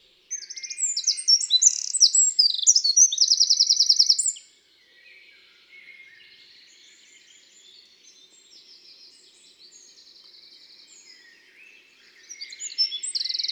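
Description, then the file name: Eurasian wren singing an energetic burst of high twittering notes and buzzy trills for about four seconds, then only faint notes before another loud song begins at the end. "Troglodyte mignon"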